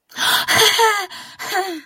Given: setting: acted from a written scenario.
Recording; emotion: vocal sound without words; elation